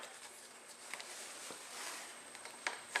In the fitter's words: and then simply press fit it back into place you'll hear each snap